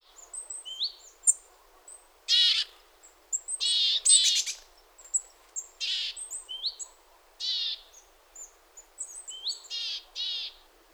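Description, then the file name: Great tit calls: harsh, buzzy churring bursts mixed with short thin high notes, uneven and repeated throughout, with a faint steady background hiss. "Parus major"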